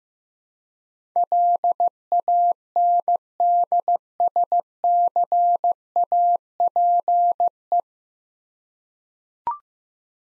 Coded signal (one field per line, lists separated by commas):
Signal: Morse code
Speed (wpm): 15 wpm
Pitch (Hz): 700 Hz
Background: none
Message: LANDSCAPE